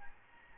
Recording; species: mosquito wingbeat signal from an infrared sensor; Aedes albopictus